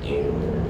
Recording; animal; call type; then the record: contact call of a hoofed animal; pig; closed-mouth grunt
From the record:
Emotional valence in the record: negative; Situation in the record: short social isolation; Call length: 0.70 s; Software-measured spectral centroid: 1160 Hz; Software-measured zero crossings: 810 a second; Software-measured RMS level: -24 dBFS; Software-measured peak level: -13 dBFS